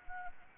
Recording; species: mosquito wingbeat signal from an infrared sensor; Anopheles gambiae